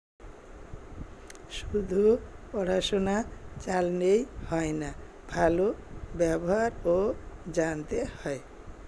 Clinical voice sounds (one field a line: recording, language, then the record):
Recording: elicited speech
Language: Bengali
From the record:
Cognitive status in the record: dementia